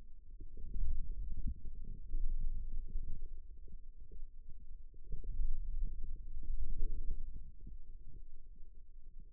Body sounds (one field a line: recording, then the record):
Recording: forearm muscle sounds (acoustic myography)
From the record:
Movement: wrist flexion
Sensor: system 2, bracelet of six BSWA MPA416 microphones around the upper forearm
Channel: 3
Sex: male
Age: 22 years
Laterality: right